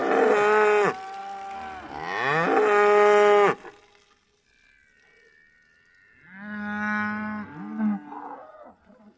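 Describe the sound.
Cattle mooing, two long harmonic moos, then a quieter pause and a lower moo.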